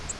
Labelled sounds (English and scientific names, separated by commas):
Virginia's Warbler (Leiothlypis virginiae) flight call